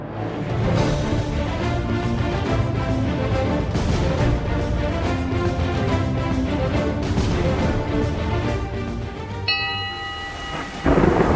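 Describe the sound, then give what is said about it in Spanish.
A thunderstorm roars steadily with heavy rain and low, rolling thunder rumbling throughout, loud and continuous, before a brief high tonal ringing near the end. “Soy el tronar de las tormentas.”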